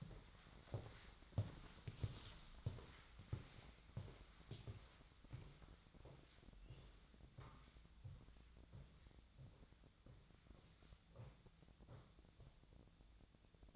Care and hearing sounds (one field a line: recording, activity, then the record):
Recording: daily activity, microphone in the room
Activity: walk to room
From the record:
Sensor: 3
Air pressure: 1010.1 hPa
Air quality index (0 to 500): 183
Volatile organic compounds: 13 ppm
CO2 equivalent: 2388 ppm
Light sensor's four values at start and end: 42/103/45/48 and 43/106/46/49